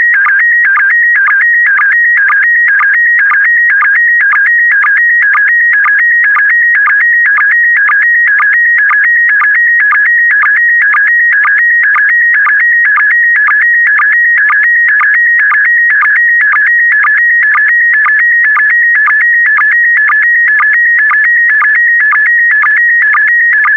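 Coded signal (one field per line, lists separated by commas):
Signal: SSTV (slow-scan television)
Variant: PD120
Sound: steady warbling tone shifting between pitches, with a short low blip twice a second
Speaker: complete you can now check your decoded image against the picture that is shown on the video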